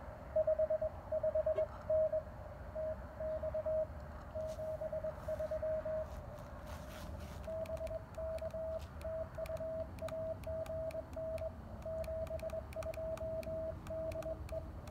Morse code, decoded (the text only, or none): 55N TX 73 BK TU AGN 72 DE